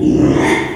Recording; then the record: squeal of a Yucatan mini pig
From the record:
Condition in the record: after surgery on the right vocal fold (resection and tissue-engineered implant); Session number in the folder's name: 3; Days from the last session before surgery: 33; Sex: male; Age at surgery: 12 weeks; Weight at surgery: 13 kg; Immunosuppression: cyclosporine, prednisolone